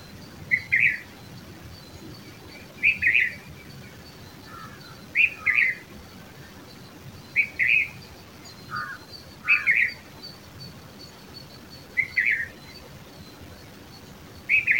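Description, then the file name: Red-vented bulbul giving short bright chirpy phrases roughly every two to two and a half seconds, with a few softer lower notes between them over a quiet hiss. "Red vented Bulbul Pycnonotus cafer"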